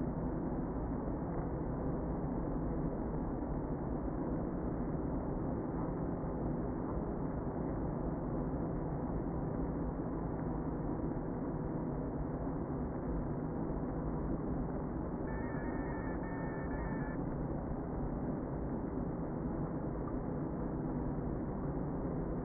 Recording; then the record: honeybee colony, microphone inside the hive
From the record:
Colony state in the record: queen present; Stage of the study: before two queens were removed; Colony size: about 60,000 bees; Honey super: yes